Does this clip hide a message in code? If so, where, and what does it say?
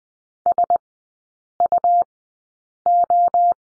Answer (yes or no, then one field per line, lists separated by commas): yes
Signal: Morse code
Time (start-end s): 0.5-3.5 s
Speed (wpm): 20 wpm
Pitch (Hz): 700 Hz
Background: none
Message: SUO